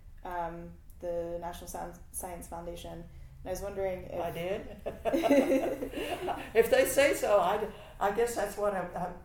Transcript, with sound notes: the National Science Foundation. And I was wondering if—
I did? [laughter] If they say so, I guess that’s what